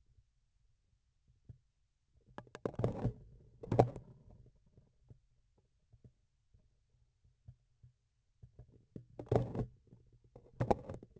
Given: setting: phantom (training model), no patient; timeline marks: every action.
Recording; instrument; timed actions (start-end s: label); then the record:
laparoscopic instrument, vibration sensor on the handle end; grasping forceps
2.06-3.30 s: forceps opening
3.54-4.56 s: forceps closing
8.87-9.83 s: forceps opening
10.29-11.19 s: forceps closing
From the record:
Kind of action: tool actuation without material contact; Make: other than Olympus